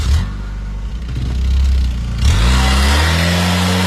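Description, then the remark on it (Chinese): A car engine turns over and catches, idles with a low rumble, then revs up loudly as the car pulls away out of the Mingzhu Xiaoyuan courtyard, its pitch climbing steadily. “车开出名著小院，走走停停一个小时，才来到李抗父母家所在的风光路。”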